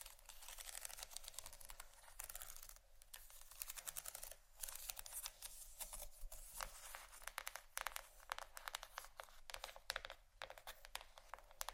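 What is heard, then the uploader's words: Dense, rapid scratching and tapping clicks run nearly continuously, bright and dry, with brief pauses near three, four and a half, and ten seconds. ASMR Scratching & Tapping For Sleep（No Talking）.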